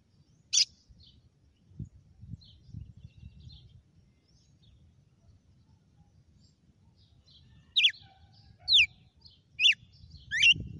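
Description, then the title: Red-cowled cardinal song: a single sharp note, then after a long pause four loud, sharply falling whistled notes near the end, with faint low rumble beneath. Female red-cowled cardinal named Fenrir; its song today is the style called açoite. "Canto Galo Campina Fêmea 06. GALO DE CAMPINA FENRIR - HJ FOI AÇOITE VIU??"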